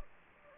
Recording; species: mosquito wingbeat signal from an infrared sensor; Anopheles gambiae